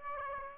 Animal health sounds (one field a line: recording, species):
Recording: mosquito wingbeat signal from an infrared sensor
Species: Aedes aegypti